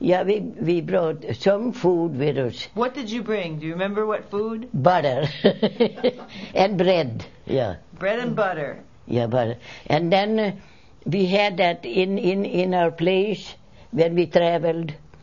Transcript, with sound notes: We brought some food with us.
What did you bring? Do you remember what food?
Butter. ( she laughs ) And bread, yeah.
Bread and butter.
Yeah, butter. And then we had that, in our place, when we traveled.